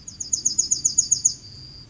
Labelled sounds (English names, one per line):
Yellowhammer song